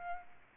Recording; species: mosquito wingbeat signal from an infrared sensor; Aedes albopictus